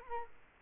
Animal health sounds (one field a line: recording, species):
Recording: mosquito wingbeat signal from an infrared sensor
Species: Culex quinquefasciatus